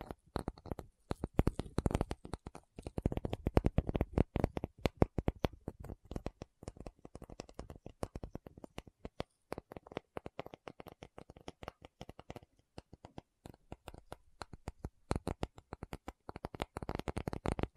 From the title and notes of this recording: ASMR 1 Hour Tapping Session (No Talking).